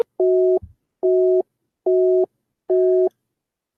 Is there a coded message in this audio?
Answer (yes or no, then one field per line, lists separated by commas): no